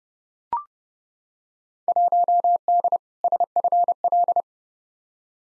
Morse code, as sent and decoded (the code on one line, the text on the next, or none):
.---- -.. / ... ..-. .-..
1D SFL